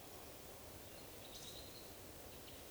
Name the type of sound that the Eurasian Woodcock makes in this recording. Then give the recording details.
whistle. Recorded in Baden-Württemberg, Germany, on 11 June 2020 at 19:42 UTC. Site 41501, 195 m above sea level